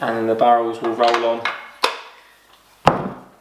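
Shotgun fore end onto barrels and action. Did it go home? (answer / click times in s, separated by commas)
yes / 2.9 s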